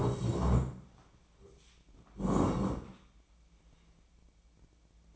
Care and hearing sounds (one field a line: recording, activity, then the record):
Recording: daily activity, microphone in the room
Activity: sit down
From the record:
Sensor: 1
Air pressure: 1012.3 hPa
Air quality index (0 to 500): 172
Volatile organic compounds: 3 ppm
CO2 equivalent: 1416 ppm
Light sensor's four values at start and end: 44/119/49/60 and 43/117/48/58